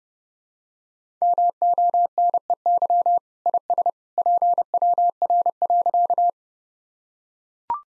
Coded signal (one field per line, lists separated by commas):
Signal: Morse code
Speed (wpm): 29 wpm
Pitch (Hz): 700 Hz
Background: none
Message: MONEY IS PWR.